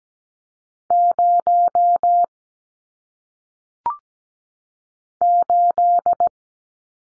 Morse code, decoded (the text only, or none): 0 8